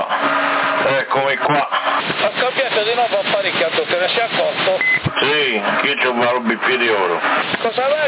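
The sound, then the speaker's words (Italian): Voices crackle over a narrow-band CB radio channel in Sassari, Italy, in February 2021, with a short high beep tone cutting in midway and a faint steady hum underneath the chatter. “Bippi di oro, bip, bip.”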